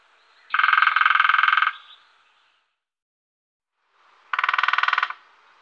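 Lesser spotted woodpecker drumming: two rapid rattling rolls of wood-tapping, the first over a second long and the second shorter, with a quiet gap between them.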